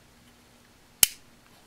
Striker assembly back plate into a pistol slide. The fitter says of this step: just slide it up till it clicks